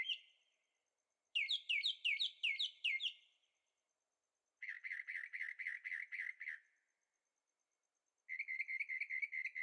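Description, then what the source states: Bird song alternating phrases of rapid slurred chirps and long fast trills, with pauses between. Birds singing at night in Carefree, Arizona; recorded with a Zoom H6 and stereo microphones.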